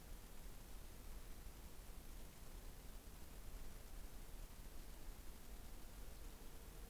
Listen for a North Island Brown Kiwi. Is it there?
no